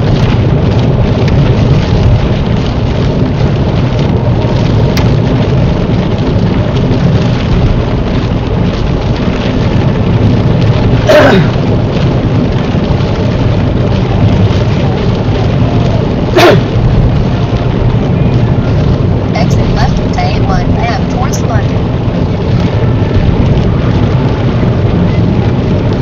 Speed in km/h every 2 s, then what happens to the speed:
71, 69, 63, 64, 68, 68, 66, 66, 63, 63, 64, 63, 58.
0-4 slows to 63. 4-21 steady at about 64. 21-26 slows to 58.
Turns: none.